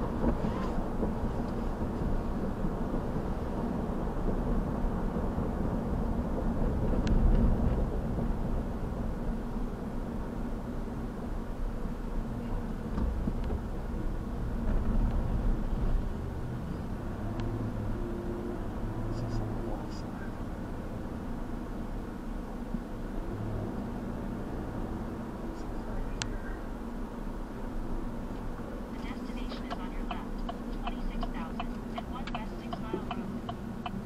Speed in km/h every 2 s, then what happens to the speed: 68, 68, 68, 58, 50, 44, 39, 37, 37, 42, 44, 44, 50, 48, 45, 37, 24.
0-5 steady at about 68. 5-13 brakes to 37. 13-26 speeds up to 48. 26-34 slows to 24.